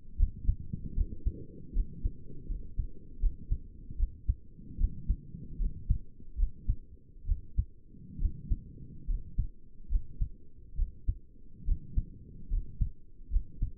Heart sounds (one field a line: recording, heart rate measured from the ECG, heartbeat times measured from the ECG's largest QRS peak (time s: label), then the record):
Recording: heart sounds by stethoscope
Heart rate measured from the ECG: 73 bpm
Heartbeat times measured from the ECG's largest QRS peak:
0.19 s: heartbeat
0.97 s: heartbeat
1.75 s: heartbeat
2.50 s: heartbeat
3.22 s: heartbeat
3.99 s: heartbeat
4.79 s: heartbeat
5.60 s: heartbeat
6.39 s: heartbeat
7.27 s: heartbeat
8.21 s: heartbeat
9.09 s: heartbeat
9.91 s: heartbeat
10.78 s: heartbeat
11.67 s: heartbeat
12.51 s: heartbeat
13.32 s: heartbeat
From the record:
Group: healthy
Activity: rest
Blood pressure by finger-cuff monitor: 118/60 mmHg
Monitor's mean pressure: 75 mmHg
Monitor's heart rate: 73 bpm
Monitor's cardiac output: 7.7 L/min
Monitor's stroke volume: 102 mL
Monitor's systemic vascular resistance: 730 dyn s/cm5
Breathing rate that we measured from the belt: 18 breaths a minute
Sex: male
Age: 22 years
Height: 181 cm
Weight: 79 kg